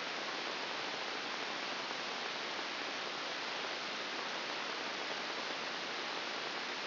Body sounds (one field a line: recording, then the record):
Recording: brain microelectrode recording played as sound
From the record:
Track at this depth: inside the subthalamic nucleus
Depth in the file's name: 3.898 mm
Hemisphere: left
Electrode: 2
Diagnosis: Parkinson's disease